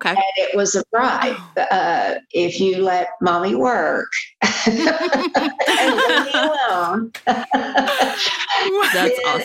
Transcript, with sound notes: And it was a bribe. If you let mommy work, (laughter) and leave me alone -
That's awesome.